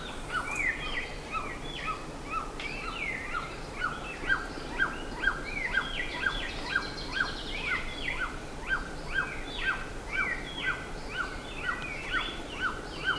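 Bird chorus, overlapping short notes repeated rapidly around mid pitch, with many higher chirps and twitters from several birds throughout.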